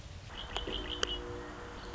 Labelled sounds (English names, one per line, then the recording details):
Red-winged Blackbird
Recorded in Sonoma County, California